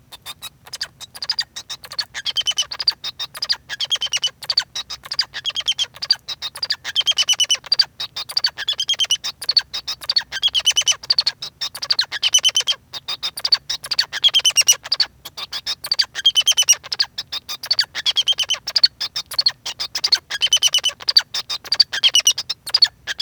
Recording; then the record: song of a male Bengalese finch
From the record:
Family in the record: son of father 2